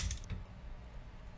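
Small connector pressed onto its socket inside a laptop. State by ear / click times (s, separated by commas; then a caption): not seated / none. During laptop reassembly, a small connector, possibly an antenna or cable connector, is lined up and gently pushed toward its socket inside the laptop. A few light ticks and handling taps come in the first third of a second, then a low steady hum continues. Nothing has seated or clicked home yet.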